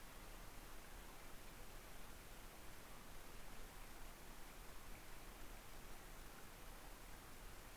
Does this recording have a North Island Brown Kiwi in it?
no